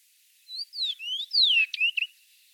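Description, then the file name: Common rock thrush phrase: a series of sliding whistles, some falling and some rising, with a few short clipped notes. "Pticy Rossii. Pyostryj kamennyj drozd Monticola saxatilis"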